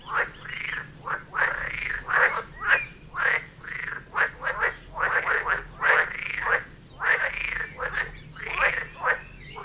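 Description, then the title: Frogs croaking in a chorus, calls arching up and down, with short bursts between them. Frog chorus near Vellerner Brook in Neubeckum, recorded at 2pm; binaural recording, best with headphones. "Frog concert near Vellerner Brook in Neubeckum - 2pm"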